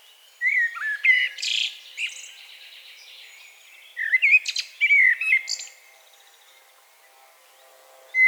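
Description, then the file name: Common blackbird giving two warbling phrases of fluty whistles with high squeaky endings, separated by a short pause. "Turdus merula"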